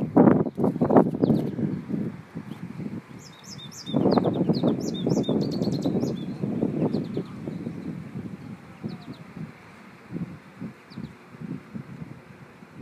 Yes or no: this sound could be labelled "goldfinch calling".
yes